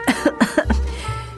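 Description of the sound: A quick run of about five short, light coughs from an adult woman, then a brief low hum. The cough has been present a little lately; it started during the day, her voice suddenly became hoarse that night, and COVID antigen and PCR tests were negative.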